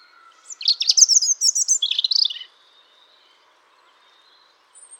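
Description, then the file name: European robin singing a short sweet phrase of sharp high notes and fast trills lasting about two seconds, then silence before a faint high note starts. "Erithacus rubecula"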